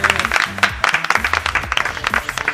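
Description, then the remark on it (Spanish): A crowd breaks into steady applause, many hands clapping in a dense, continuous patter that holds for a few seconds over a low, humming tonal background, welcoming a female special guest as the panel of a show is introduced. “¡Por favor, un aplauso!”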